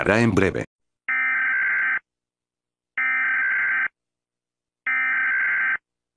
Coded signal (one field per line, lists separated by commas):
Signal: Emergency Alert System (SAME) tones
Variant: header bursts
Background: speech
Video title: Misiles nucleares en Chile | EAS Scenario